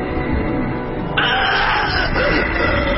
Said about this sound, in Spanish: Oyóse entonces un agudo grito, mientras el puñal caía resplandeciente sobre la negra alfombra